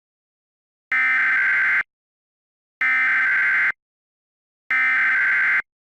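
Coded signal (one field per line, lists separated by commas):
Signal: Emergency Alert System (SAME) tones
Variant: header bursts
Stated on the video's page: EAS SAME tones in a fictional scenario film, a simulated alert rather than a real broadcast.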